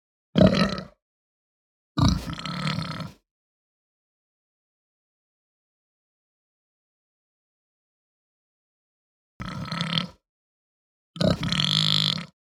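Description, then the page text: Hampshire pig giving four deep, guttural grunts in short bursts, the second and fourth longer, with a long silent gap between the second and third. "Hampshire Pig Grunt Guttural. Quick Sounds"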